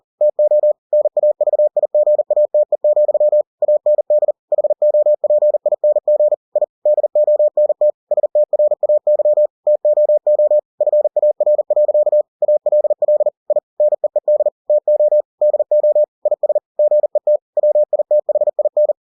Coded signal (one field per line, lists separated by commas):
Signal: Morse code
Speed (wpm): 40 wpm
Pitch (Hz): 600 Hz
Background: none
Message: TO NAVIGATE, AND HOPING I DONT STRAY TOO FAR. ALL I NEED TO DO IS GET WITHIN